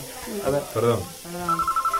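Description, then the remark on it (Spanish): Voices talk over each other, then a telephone starts ringing at an Argentine grill restaurant: a steady, mid-high electronic tone pulsing in quick, even bursts, clearly audible alongside the talk. “Pero que atienda el teléfono.”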